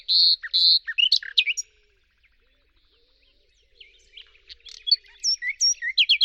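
Bird song opening with loud buzzy chirps and quick descending notes, a quiet pause, then a jumble of sharp twittering notes at the end.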